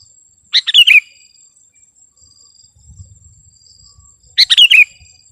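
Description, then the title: Sooty-headed bulbul singing two brief chattering phrases about four seconds apart, with a thin high whine and faint low rumbling between them. "kutilang"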